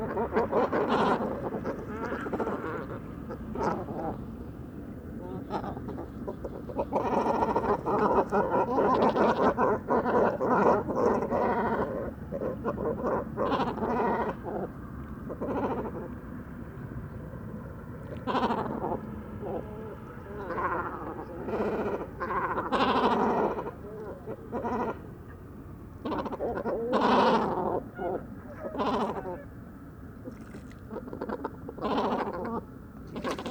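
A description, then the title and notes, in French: A roost of great cormorants by the Vaccarès in the Camargue: dense, overlapping guttural croaks and bleating calls, loudest around eight to twelve seconds. Dortoir de Grands cormorans. Bord du Vaccarès - Camargue - Mixp3 - mkh40. Les Grands cormorans (Phalacrocorax carbo) se rassemblent sur les piquets installés par les pêcheurs et vont passer ici la nuit, mais il n'y a pas de la place pour tous. Alors, les conflits sont incessants jusqu'à la nuit avant que n'arrive le silence.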